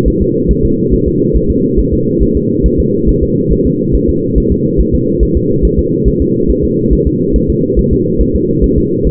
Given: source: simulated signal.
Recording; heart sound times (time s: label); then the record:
fetal heart sounds
0.08 s: S1
0.22 s: S2
0.51 s: S1
0.65 s: S2
0.94 s: S1
1.08 s: S2
1.36 s: S1
1.50 s: S2
1.79 s: S1
1.94 s: S2
2.22 s: S1
2.37 s: S2
2.66 s: S1
2.80 s: S2
3.09 s: S1
3.23 s: S2
3.52 s: S1
3.67 s: S2
3.95 s: S1
4.09 s: S2
4.38 s: S1
4.52 s: S2
4.80 s: S1
4.95 s: S2
5.23 s: S1
5.37 s: S2
5.65 s: S1
5.79 s: S2
6.08 s: S1
6.22 s: S2
6.50 s: S1
6.64 s: S2
6.93 s: S1
7.07 s: S2
7.36 s: S1
7.50 s: S2
7.79 s: S1
7.93 s: S2
8.21 s: S1
8.36 s: S2
8.64 s: S1
8.78 s: S2
9.07 s: S1
From the record:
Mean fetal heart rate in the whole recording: 140 bpm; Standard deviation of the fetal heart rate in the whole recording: 2 bpm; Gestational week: 34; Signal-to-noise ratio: -11.2 dB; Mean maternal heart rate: 72 bpm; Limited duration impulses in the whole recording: present